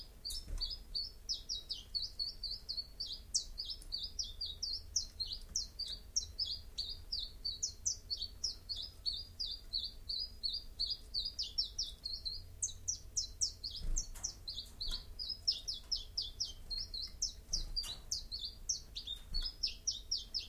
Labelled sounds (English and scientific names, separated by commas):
Common Chiffchaff (Phylloscopus collybita) song